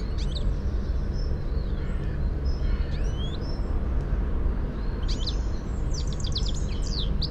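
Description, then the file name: European goldfinch calls, scattered thin chirps early on, then a lively cluster of high tinkling twitters near the end, over steady low-pitched noise. "Carduelis carduelis"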